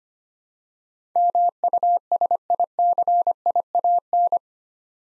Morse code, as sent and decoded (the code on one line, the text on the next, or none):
-- ..- ... .. -.-. .. .- -.
MUSICIAN